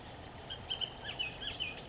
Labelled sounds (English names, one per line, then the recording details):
Bullock's Oriole
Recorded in Sonoma County, California